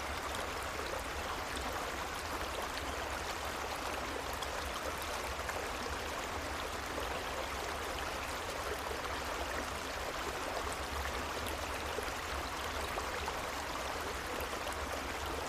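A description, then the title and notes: A creek runs steadily, its rushing water a dense, even hiss that fills the middle and upper range without pause. A constant low rumble sits underneath, and the level hardly changes across the whole stretch, with no distinct splashes or other sounds. This meditation has the sound of the creek behind the cabin in the background.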